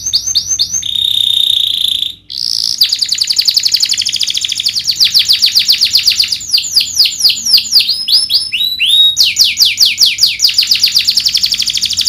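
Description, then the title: Domestic canary song: quick downslurred notes, a sustained buzzy trill, a brief gap, then long rapid trills and runs of swooping whistled notes. Lively singing canary with the best melodic twists (cengkok) and rich fill-in phrases (isian). "Kenari Gacor Cengkok Terbaik Isian Paling Mewah Kenarigacor Kicaumania Kenari"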